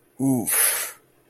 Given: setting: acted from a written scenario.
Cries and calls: vocal sound without words; embarrassment

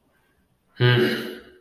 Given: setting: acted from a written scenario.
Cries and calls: vocal sound without words; contempt

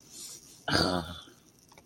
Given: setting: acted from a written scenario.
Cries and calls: vocal sound without words; contempt

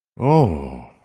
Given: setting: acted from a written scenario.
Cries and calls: vocal sound without words; romantic love

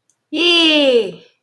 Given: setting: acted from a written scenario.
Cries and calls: vocal sound without words; triumph

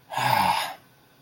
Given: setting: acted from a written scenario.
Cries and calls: vocal sound without words; disappointment

